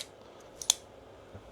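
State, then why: Seated. The blade of an SRM 251MB folding knife, a sleek business EDC under 70 g, is swung open with a flick of the wrist and snaps into the handle's crossbar lock (called an ambulock system). Two short, sharp metallic clicks are heard at 0.6 s and 0.7 s, the second much louder. The blade locks open, confirming the knife can be opened this way.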